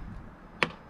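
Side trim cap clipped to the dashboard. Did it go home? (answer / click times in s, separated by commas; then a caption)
released / 0.6 s. A plastic side trim cap clipped to the dashboard of a Tesla Model 3 is pried off with a trim removal tool using leverage. One sharp snap is heard at 0.6 s as it pops free from its three clips, which fit into female parts behind it, leaving the cap released.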